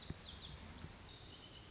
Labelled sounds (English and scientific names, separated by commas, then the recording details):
Lazuli Bunting (Passerina amoena)
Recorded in Sonoma County, California